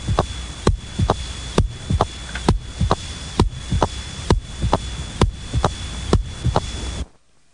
Mitral prosthetic valve sound and murmur. Some prosthetic valves in the mitral position produce a short, soft, rumbling, early diastolic murmur.